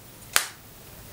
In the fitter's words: did you hear it the click it clicked into place I love it